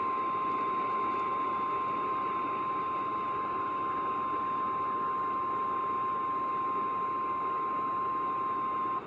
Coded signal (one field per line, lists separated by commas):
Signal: Emergency Alert System (SAME) tones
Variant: 1050 Hz attention tone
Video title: OHX’S ALL NIGHTER SHENANIGANS - EAS Alerts From 5/9/24 (EAS #1687-1690)